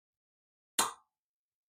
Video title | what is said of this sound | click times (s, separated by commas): LATCH Installation, Chicco Fit2 Base | You're going to hear the clicking sound to let you know it's connected. | 0.8 s